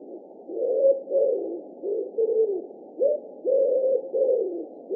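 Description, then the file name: Common wood pigeon calling with soft, throaty coos, some notes drawn out and slightly falling, grouped into a short rhythmic phrase. Recorded in Russia. "Pticy Rossii - Vyahir Columba palumbus"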